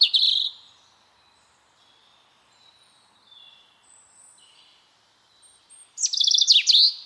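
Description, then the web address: Bird song, a short high buzzy burst, a long quiet gap with faint soft notes, then a rapid series of sharp falling chirps. "Deverinetal 2025"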